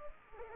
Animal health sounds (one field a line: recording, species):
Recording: mosquito wingbeat signal from an infrared sensor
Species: Culex pipiens